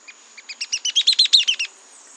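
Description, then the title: Mouse-colored tyrannulet giving one series of sharp chattering notes that grows louder, then ends, over a thin continuous insect whine. Subspecies wagae. "LuckyPassaro Completos2Sama. Mouse-colored Tyrannulet (Phaeomyias murina wagae)"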